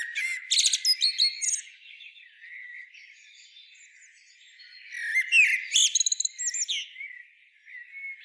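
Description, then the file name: Common blackbird song: a fluty whistled phrase with high squeaky notes, a soft pause, then a second warbling phrase ending in sharp twitters. "Turdus merula"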